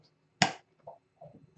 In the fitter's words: so to click on it you heard there that's why